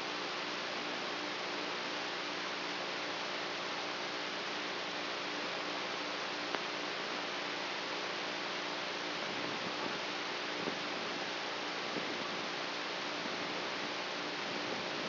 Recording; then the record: brain microelectrode recording played as sound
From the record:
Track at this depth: outside the subthalamic nucleus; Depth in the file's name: 1.406 mm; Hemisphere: right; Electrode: 3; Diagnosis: Parkinson's disease